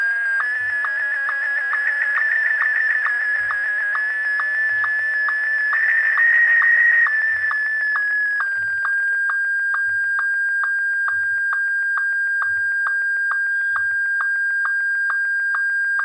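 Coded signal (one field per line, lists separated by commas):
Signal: SSTV (slow-scan television)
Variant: Martin 1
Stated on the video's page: SSTV audio tones generated from text and images with Python pysstv, played through a speaker in an air-gap exfiltration demonstration.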